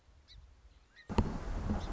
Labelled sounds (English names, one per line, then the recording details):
Song Sparrow
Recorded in Sonoma County, California